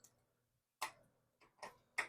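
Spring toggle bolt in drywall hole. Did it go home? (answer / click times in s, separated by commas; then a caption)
yes / 0.8 s, 2.0 s. A spring toggle bolt with its wings folded down is pushed through a pre-drilled hole in drywall and moved around until the wings flip open on the back side of the wall. A faint tick comes first, then sharp pops at 0.8 s and 2.0 s, with a softer tap at about 1.6 s between them. The wings have popped open behind the wall and the bolt is seated.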